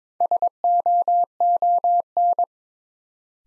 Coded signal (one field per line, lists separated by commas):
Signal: Morse code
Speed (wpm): 22 wpm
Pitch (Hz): 700 Hz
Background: none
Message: SOON